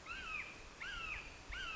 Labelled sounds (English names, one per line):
Red-shouldered Hawk